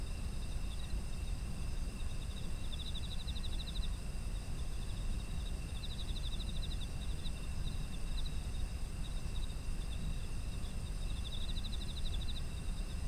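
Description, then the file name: Insects sing in layered high drones while rapid pulsed trills recur every few seconds, all under a persistent deep rumbling noise. Ambient environmental sound of insects in autumn. "秋の虫の環境音"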